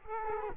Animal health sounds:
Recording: mosquito wingbeat signal from an infrared sensor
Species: Culex quinquefasciatus

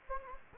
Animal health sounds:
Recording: mosquito wingbeat signal from an infrared sensor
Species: Anopheles gambiae

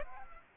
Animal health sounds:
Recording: mosquito wingbeat signal from an infrared sensor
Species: Aedes aegypti

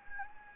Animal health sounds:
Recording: mosquito wingbeat signal from an infrared sensor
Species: Anopheles gambiae

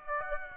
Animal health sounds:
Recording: mosquito wingbeat signal from an infrared sensor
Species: Aedes aegypti

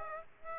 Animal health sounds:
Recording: mosquito wingbeat signal from an infrared sensor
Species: Aedes aegypti

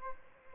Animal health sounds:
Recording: mosquito wingbeat signal from an infrared sensor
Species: Aedes albopictus

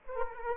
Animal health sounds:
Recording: mosquito wingbeat signal from an infrared sensor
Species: Aedes aegypti

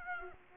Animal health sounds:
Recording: mosquito wingbeat signal from an infrared sensor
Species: Aedes aegypti

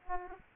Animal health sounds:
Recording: mosquito wingbeat signal from an infrared sensor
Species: Aedes aegypti

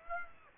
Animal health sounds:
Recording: mosquito wingbeat signal from an infrared sensor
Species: Aedes aegypti

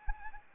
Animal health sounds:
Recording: mosquito wingbeat signal from an infrared sensor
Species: Anopheles arabiensis

